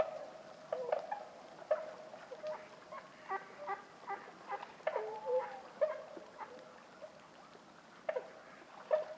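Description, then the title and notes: Bewick's swans giving scattered soft honks and a few longer notes, fairly quiet over a hissy background. About forty birds calling softly at a night roost, Lac du Der, Champagne, France, 6 January 2019, after 2 a.m., in fog and light drizzle; sentinels take turns; MKH20 pair and Nagra Seven. "Lac du DER. Cygnes de Bewick (Cygnus bewicki)"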